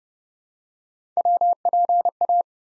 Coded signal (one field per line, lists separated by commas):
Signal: Morse code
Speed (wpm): 30 wpm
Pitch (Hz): 700 Hz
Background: none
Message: WPA